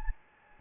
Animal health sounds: mosquito wingbeat signal from an infrared sensor; Anopheles gambiae

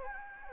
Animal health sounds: mosquito wingbeat signal from an infrared sensor; Anopheles gambiae

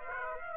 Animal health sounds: mosquito wingbeat signal from an infrared sensor; Aedes aegypti

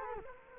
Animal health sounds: mosquito wingbeat signal from an infrared sensor; Culex quinquefasciatus

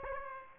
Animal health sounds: mosquito wingbeat signal from an infrared sensor; Aedes aegypti

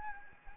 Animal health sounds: mosquito wingbeat signal from an infrared sensor; Anopheles gambiae

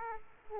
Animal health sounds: mosquito wingbeat signal from an infrared sensor; Aedes aegypti

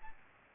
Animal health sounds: mosquito wingbeat signal from an infrared sensor; Aedes aegypti

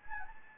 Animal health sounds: mosquito wingbeat signal from an infrared sensor; Anopheles gambiae

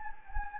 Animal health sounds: mosquito wingbeat signal from an infrared sensor; Anopheles gambiae

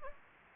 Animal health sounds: mosquito wingbeat signal from an infrared sensor; Anopheles gambiae

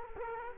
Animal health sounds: mosquito wingbeat signal from an infrared sensor; Culex quinquefasciatus

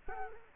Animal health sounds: mosquito wingbeat signal from an infrared sensor; Culex quinquefasciatus

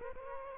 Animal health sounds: mosquito wingbeat signal from an infrared sensor; Aedes aegypti

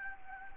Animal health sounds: mosquito wingbeat signal from an infrared sensor; Anopheles gambiae

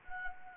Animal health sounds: mosquito wingbeat signal from an infrared sensor; Anopheles gambiae

